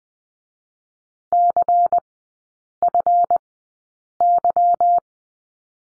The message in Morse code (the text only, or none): CFY